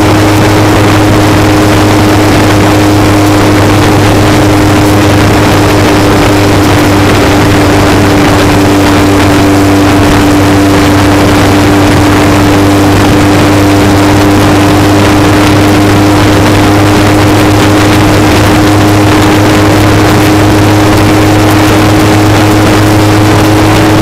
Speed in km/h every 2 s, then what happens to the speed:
113, 109, 108, 106, 106, 105, 106, 109, 109, 111, 111, 111.
0-5 slows to 106. 5-24 steady at about 109.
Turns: none.